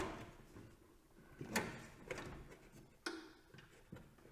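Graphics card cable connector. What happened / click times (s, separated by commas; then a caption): Cable connector handled, not yet locked home / none. A riser cable connector for a vertically mounted graphics card is handled as it is being plugged in, giving soft rubbing and a few sharp plastic knocks, the loudest near 1.6 s with others around 2.1 and 3.1 s. Nothing has seated or locked in yet.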